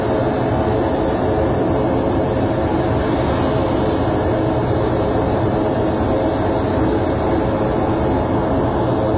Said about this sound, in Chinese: 10月20号8点45分，AG-600 飞机在荆门漳河机场滑行入水，随即从水面腾空而起。在平稳飞行14分钟，完成既定一系列试飞科目后，飞机于9:15顺利着水降落。